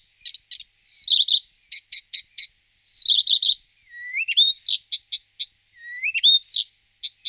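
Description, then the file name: Blyth's reed warbler singing, clipped clicking notes mixed with buzzy phrases and rising whistled slurs, each motif repeated a few times before changing. "Rakosnik pokrovni Acrocephalus dumetorum"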